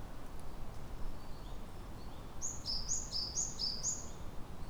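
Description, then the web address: Japanese tit delivering a quick run of several sharp high-then-lower whistled pairs after a few faint notes, with low background rumble throughout. Recorded on 30 April 2018. "kotorinomori kotori sijukara"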